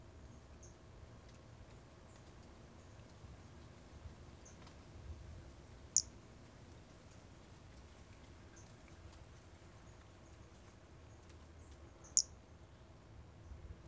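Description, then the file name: Brachycephalus albolineatus calls: two brief, high, sharp chirps about six seconds apart over a quiet hiss, with fainter chirps in between. Recorded 4 February 2016. "Brachycephalus albolineatus 160204"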